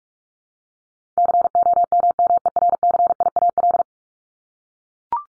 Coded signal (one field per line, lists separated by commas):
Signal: Morse code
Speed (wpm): 44 wpm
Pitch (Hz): 700 Hz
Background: none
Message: COMMERCIAL